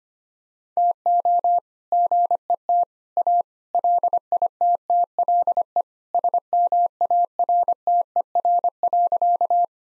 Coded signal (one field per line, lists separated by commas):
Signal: Morse code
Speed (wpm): 25 wpm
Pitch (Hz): 700 Hz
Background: none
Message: TO GET A LITTLE SMARTER.